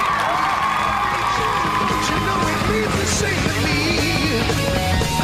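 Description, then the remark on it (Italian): A crowd cheers and claps in a steady, loud wash of noise for several seconds, with scattered yells and whoops rising above the mix. “Bravo, un applauso, vogliamo fare un applauso a Parenzo?”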